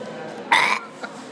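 An adult hiccuping.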